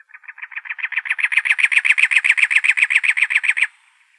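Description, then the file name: Cactus wren giving a harsh, rasping chatter of many rapid churring notes over about three and a half seconds, growing louder then stopping abruptly. Arizona, 2 October 2003. "CACW 3 deviche"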